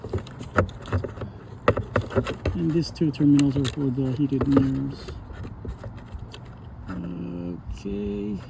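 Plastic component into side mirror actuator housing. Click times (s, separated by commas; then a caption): 1.7 s. A second plastic piece is pushed into the side-mirror actuator housing of an Acura MDX, being repaired for clicking, popping and lost memory functions, and it snaps into place with a sharp click at 1.7 s. Quieter taps and handling noises surround it while someone talks. The part is seated.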